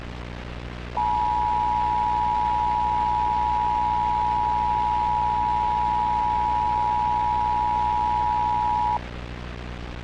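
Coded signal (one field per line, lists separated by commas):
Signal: Emergency Alert System (SAME) tones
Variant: 853 and 960 Hz attention tone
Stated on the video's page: Fictional EAS scenario depicting a hijacked national EAS test.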